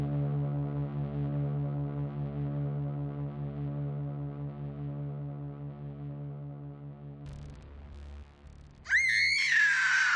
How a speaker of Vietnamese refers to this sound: Bỗng dưng An Huy nghe rõ có tiếng một người hét, sau đó là một trận cười giòn tan. Có lẽ ai đó đã bị đội truy đuổi tìm ra.